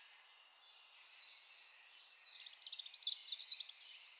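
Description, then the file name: European robin song beginning with a long, thin high whistle, followed by faint twitters and a bright burst of rapid notes. "Erithacus rubecula"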